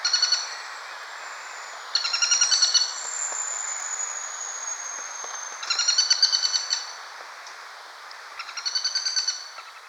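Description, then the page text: Greater flameback calls: short bursts of rapid, harsh trilling notes, about a second each, repeated every few seconds, with a faint, slowly falling high tone between the first three bursts. A pair calling. "Greater Flameback Calls of Pair. Quick Sounds"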